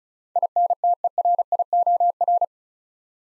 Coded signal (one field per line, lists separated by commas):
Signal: Morse code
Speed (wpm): 36 wpm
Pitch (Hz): 700 Hz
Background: none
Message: INTERIOR